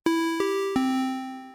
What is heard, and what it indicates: A sharp upstroke with an exponential decay.